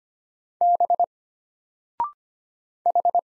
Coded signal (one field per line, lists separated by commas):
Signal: Morse code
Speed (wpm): 25 wpm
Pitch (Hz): 700 Hz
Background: none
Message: B H